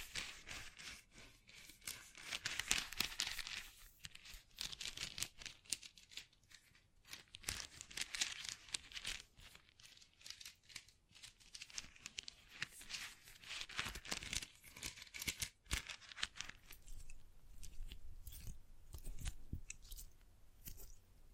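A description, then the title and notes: ASMR triggers of crinkling and tearing, dense bright crackles in irregular bursts, a sharp snap near fifteen seconds, then quieter handling. ASMR Oddly Satisfying Triggers (No Talking).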